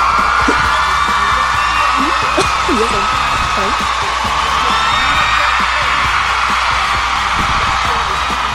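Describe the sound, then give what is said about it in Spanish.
A crowd ovation sound effect: cheering in a steady, dense roar that holds its loudness throughout, with scattered whoops and shouted voices rising out of the noise for about eight seconds. “Ovación, sensei, ovación.”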